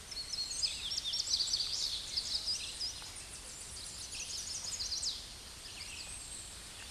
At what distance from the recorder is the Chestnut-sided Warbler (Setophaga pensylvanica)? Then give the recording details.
about 25 m. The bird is about 5 m above the microphone. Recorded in a Pennsylvania forest on 16 May 2024 at 08:25. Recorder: AudioMoth, point MSD-2155. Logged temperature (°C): 15.6 °C. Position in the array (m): 53 m, 138 m